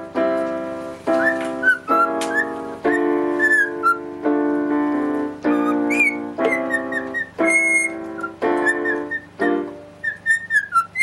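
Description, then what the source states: Cockatiel whistles riding over a steady sequence of piano chords, notes stepping down and rising in short phrases. Parrot singing along with a pianist playing the piano.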